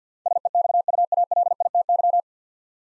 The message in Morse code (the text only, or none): SEXUALITY